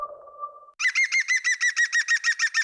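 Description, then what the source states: European green woodpecker laughing call: a fast run of ringing, evenly repeated notes, about a dozen in under two seconds, after a short steady tone. Played in a radio advertisement for Vogels Kijken Magazine; listeners are asked whether they recognise the green woodpecker's sound.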